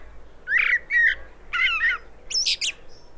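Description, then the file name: Common blackbird singing: rich whistled notes first, then wavering warbles, ending in a sharp, high-pitched squeaky twitter. "Turdus merula"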